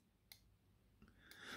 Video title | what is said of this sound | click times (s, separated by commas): Leaf Shave Razor. Head Overview and Blade Loading. | clip that little click that's the magnet that's trucked in the blade just | 0.3 s